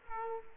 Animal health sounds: mosquito wingbeat signal from an infrared sensor; Culex quinquefasciatus

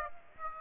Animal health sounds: mosquito wingbeat signal from an infrared sensor; Aedes aegypti

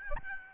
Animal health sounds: mosquito wingbeat signal from an infrared sensor; Aedes albopictus

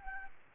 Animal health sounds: mosquito wingbeat signal from an infrared sensor; Aedes albopictus

